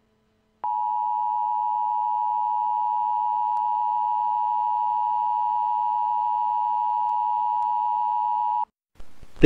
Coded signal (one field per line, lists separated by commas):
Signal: Emergency Alert System (SAME) tones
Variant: 853 and 960 Hz attention tone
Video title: The Void - An EAS Short Scenario